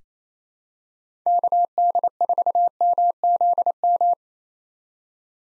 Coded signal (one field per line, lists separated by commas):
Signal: Morse code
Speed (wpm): 28 wpm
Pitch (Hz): 700 Hz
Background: none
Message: KD4MZM